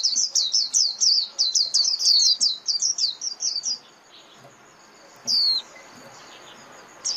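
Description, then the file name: White-eye: a fast run of high, sliding chirps for about four seconds, then quiet broken by a lone thin note. White-eye lure call (mồi) used for trapping birds. "Tieng khuyen moi"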